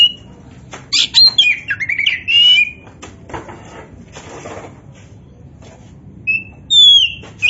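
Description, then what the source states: Oriental magpie-robin giving harsh buzzy phrases and scratchy notes, then after a pause a few clear high whistles. Indonesian name kacer poci; described as gacor, singing actively.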